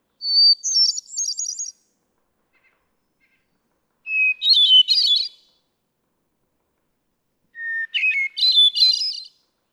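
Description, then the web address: Hermit thrush delivering three phrases in quiet surroundings: a high one, then two lower ones, each a sustained whistle giving way to a quick rippling cluster. "birdsongforthecurious Hermit Thrush"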